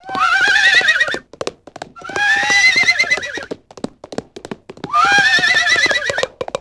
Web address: Dorling Kindersley My First Incredible Amazing Dictionary. pony